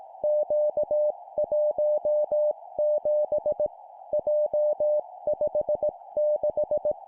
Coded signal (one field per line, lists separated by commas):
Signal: Morse code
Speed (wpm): 18 wpm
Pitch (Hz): 600 Hz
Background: none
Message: Q17 J56